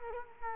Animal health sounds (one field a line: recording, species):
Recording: mosquito wingbeat signal from an infrared sensor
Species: Culex quinquefasciatus